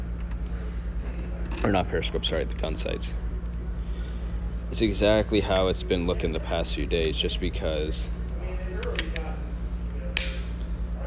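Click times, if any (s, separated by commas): 10.2 s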